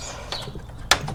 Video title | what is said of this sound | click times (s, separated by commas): American Modified 09-14 Raptor Style Mesh Grille W/ Amber Lights Emblem Base F150 Installation | They just snap in place like this. | 0.9 s